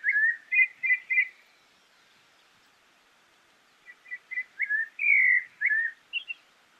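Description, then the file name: Rufous-bellied thrush delivering slurred whistled phrases, a quiet gap of over two seconds, then a longer series of warbling notes ending with a high double note. "Sonido ZORZAL COLORADO"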